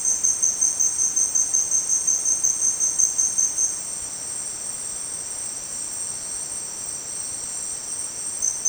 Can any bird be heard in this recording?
no